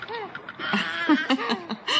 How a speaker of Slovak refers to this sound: Ako by ten plač prichádzal z rieky. Čo by dieťa robilo v rieke? Mohla ho uniesť voda.